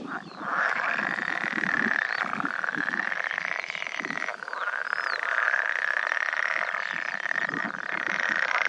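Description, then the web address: Edible frog in a steady, thick chorus of buzzy croaks and trills, a continuous high droning layer running throughout. "gady plazy zaba wodna zaby zielone"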